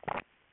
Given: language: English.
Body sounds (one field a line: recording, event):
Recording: throat vibration sensor signal played as sound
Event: swallow